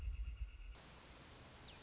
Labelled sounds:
Northern Flicker
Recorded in Sonoma County, California

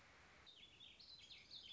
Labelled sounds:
Warbling Vireo
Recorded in Sonoma County, California

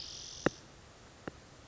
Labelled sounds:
Spotted Towhee
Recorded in Sonoma County, California

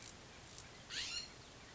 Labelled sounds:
California Scrub-Jay
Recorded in Sonoma County, California

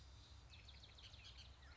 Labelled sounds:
Bullock's Oriole
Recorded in Sonoma County, California

